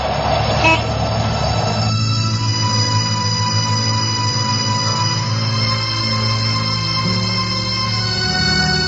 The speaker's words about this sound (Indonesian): Batin Rusdi seraya menghidupkan mesin mobil angkotnya.